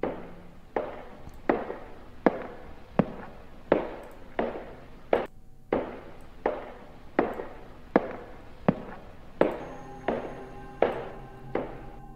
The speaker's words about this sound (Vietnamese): Tiếng bước chân đang đi đều đều, đều đều gõ lên trên sàn gỗ.